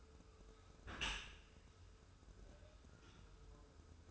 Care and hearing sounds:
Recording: daily activity, microphone in the room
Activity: close dishwasher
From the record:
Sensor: 2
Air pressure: 1014.8 hPa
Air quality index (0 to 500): 26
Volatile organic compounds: 1 ppm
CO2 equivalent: 506 ppm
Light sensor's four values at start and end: 10/23/9/10 and 10/23/9/10

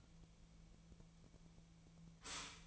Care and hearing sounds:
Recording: daily activity, microphone in the room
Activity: stop toaster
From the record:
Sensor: 1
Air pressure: 1009.2 hPa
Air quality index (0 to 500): 195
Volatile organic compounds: 19 ppm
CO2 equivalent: 2664 ppm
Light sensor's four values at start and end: 27/68/28/33 and 27/69/29/34

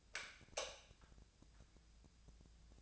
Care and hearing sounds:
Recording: daily activity, microphone in the room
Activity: light off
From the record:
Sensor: 2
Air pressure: 999.9 hPa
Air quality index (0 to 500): 118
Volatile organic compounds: 2 ppm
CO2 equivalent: 1013 ppm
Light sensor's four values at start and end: 35/94/39/43 and 30/77/32/37

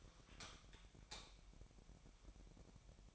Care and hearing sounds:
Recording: daily activity, microphone in the room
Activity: light off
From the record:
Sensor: 1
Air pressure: 1012.0 hPa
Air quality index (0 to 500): 235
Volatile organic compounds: 6 ppm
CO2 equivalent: 1875 ppm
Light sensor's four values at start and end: 18/50/20/22 and 15/35/15/17

